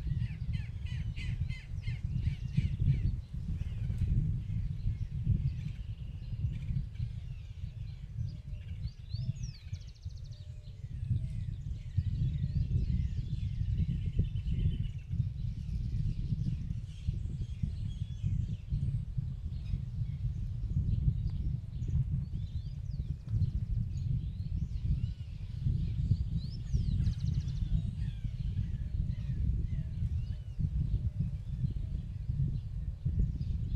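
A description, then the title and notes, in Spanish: Little birds in the countryside chirp and twitter throughout, short bright calls scattered over a thick, steady low rumble like wind buffeting. The rumble stays dense for the whole stretch, with a brief dip near ten seconds, while the bird calls come and go irregularly above it. Pajaritos en el campo. Lo puse a grabar en el campo, se escucha hasta el viento...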